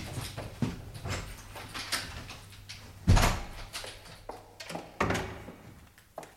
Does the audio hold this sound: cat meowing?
no